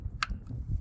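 A coolant filler cap on the radiator/expansion housing of a Holden VE Commodore is turned all the way down until its ratcheting clicker engages. A sharp click sounds at 0.2 s, followed by a faint tick around 0.5 s over low background rumble. The cap is seated home.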